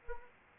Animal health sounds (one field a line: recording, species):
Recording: mosquito wingbeat signal from an infrared sensor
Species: Anopheles arabiensis